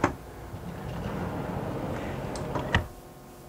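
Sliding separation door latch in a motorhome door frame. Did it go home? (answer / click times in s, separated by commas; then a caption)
yes / 2.8 s. The bathroom separation pocket door in a 2005 Winnebago Journey 39K motorhome is slid closed along its track with a steady rolling rumble, after a sharp knock at the start. A softer bump at 2.6 s is followed by the sharp click of the automatic latch engaging in the door frame at 2.8 s, so the door is locked without any manual locking.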